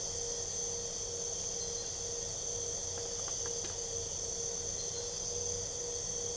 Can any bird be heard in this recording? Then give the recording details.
no. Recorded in pastures near Puerto Asís, Putumayo, Colombia, on 26 December 2024 at 02:00. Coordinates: 0.497, -76.327. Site G088